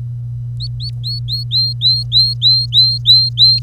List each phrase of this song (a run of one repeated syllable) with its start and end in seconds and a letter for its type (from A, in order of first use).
0.60-3.59 A